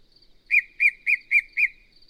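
Yellow-breasted Chat song: five bright whistles delivered at a steady quick tempo, over a quiet background with a faint high hiss.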